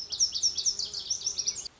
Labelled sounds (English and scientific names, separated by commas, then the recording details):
Lazuli Bunting (Passerina amoena)
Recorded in Sonoma County, California